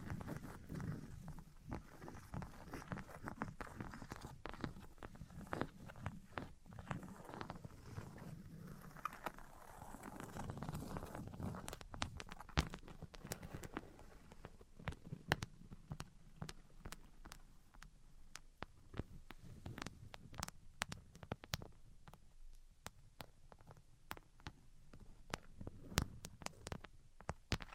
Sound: Tapping, Scratching, and Tracing Sounds